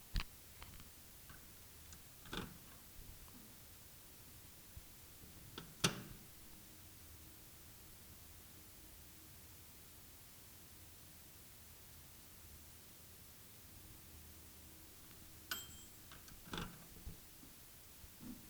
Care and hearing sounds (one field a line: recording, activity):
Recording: daily activity, guitar pickup as the sensor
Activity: use microwave